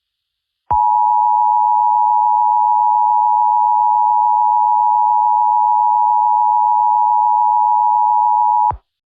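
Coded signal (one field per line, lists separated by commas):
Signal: Emergency Alert System (SAME) tones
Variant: 853 and 960 Hz attention tone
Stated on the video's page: Mock EAS National Emergency Action Notification.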